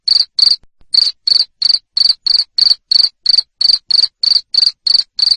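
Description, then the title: Cricket giving loud, high, rasping chirps about three per second, a short gap near the start, then an even run. Loud cricket chirping used to make lovebirds sing continuously. "Suara JANGKRIK NGERIK Keras Bikin LOVEBIRD Jadi NGEKEK Terus Vubey"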